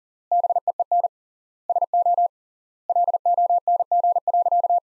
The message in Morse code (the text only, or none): BEEN SO LONG.